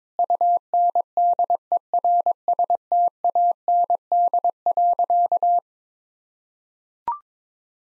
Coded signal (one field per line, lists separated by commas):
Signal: Morse code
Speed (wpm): 22 wpm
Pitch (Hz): 700 Hz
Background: none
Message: UNDERSTAND.